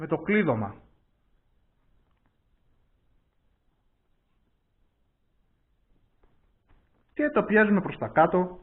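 A wing is fitted into the fuselage lock of a Parrot Disco fixed-wing drone, with the servo lined up with the lock before it is pushed down. Someone talks at the start and again near the end, with near silence in between. Nothing has seated or clicked yet.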